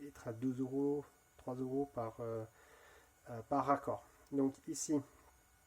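A copper press-fit elbow with an internal O-ring is handled and pushed toward a copper pipe, ahead of crimping with a Virax crimper, while someone talks throughout. The fitting is not yet home; nothing has seated or clicked yet.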